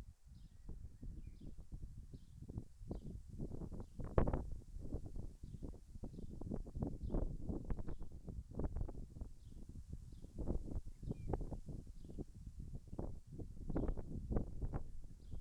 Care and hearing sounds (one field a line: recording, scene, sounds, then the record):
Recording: everyday scene through a hearing-aid microphone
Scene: wind on the microphone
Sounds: wind, birds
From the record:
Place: in front of a rural house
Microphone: behind the ear, left, front